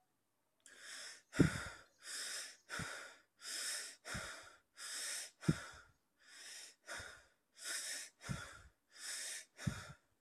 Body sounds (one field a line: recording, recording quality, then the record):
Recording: shallow breathing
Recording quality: excellent, no background noise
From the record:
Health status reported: healthy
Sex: male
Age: 31 years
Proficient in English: yes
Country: India